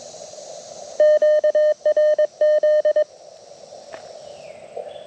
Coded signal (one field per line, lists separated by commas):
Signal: Morse code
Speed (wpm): 23 wpm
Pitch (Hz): 610 Hz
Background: none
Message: QRZ